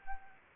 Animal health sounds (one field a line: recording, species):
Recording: mosquito wingbeat signal from an infrared sensor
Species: Anopheles arabiensis